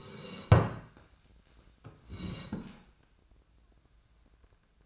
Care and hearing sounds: daily activity, microphone in the room; sit down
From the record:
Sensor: 2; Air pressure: 1012.1 hPa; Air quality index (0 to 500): 156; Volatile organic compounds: 2 ppm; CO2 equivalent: 1150 ppm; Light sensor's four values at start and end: 47/113/51/59 and 64/155/69/82

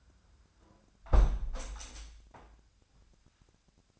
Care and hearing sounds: daily activity, microphone in the room; close window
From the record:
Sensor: 2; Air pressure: 997.8 hPa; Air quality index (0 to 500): 135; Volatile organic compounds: 3 ppm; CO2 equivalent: 1522 ppm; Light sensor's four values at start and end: 11/32/13/12 and 11/32/13/12

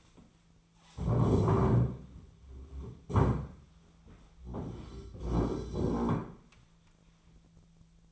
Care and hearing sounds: daily activity, microphone in the room; stand up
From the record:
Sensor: 1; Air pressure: 1008.2 hPa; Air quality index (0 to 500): 192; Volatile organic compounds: 17 ppm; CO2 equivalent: 2593 ppm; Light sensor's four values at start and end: 15/37/15/17 and 14/36/14/16

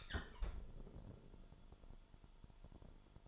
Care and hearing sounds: daily activity, microphone in the room; close fridge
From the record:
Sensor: 5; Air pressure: 1007.9 hPa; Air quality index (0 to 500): 95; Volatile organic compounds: 1 ppm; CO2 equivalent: 744 ppm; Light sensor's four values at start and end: 42/96/41/43 and 42/96/40/42

